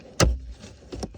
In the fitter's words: snaps back into place got these three plastic tabs here